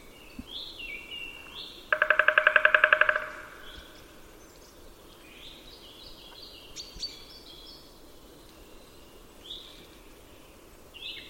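Bird giving a short, rapid pulsed trill lasting just over a second, with fainter high chirps and whistles before and after.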